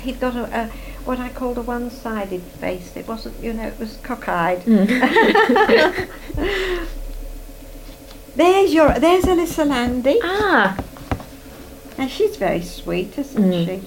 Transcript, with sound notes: He's got a, what I called a one-sided face. It wasn't, you know, it was cock-eyed. [laughs]
Mhm. [laughs]
There's your, there's Elissa Landi!
A-ah!
And she's very sweet, isn't she?